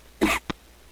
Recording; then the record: coughing mixed with background sound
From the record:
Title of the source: 61 morning phlegmy cough...again